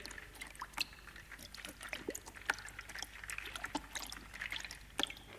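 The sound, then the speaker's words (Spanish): Water splashes and sloshes in a bubble bath, with scattered drips and bubbly trickling sounds coming in irregular bursts at a fairly soft, steady level, with no voices. “El sonido del baterista estaba tomando un baño con burbujas y todo.”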